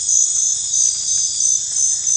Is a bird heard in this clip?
no